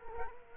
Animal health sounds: mosquito wingbeat signal from an infrared sensor; Culex quinquefasciatus

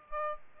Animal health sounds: mosquito wingbeat signal from an infrared sensor; Aedes albopictus

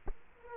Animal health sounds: mosquito wingbeat signal from an infrared sensor; Culex quinquefasciatus

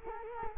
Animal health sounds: mosquito wingbeat signal from an infrared sensor; Culex quinquefasciatus

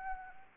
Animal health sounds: mosquito wingbeat signal from an infrared sensor; Anopheles arabiensis

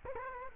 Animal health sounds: mosquito wingbeat signal from an infrared sensor; Culex quinquefasciatus

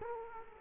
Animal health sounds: mosquito wingbeat signal from an infrared sensor; Culex quinquefasciatus

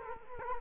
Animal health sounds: mosquito wingbeat signal from an infrared sensor; Culex quinquefasciatus

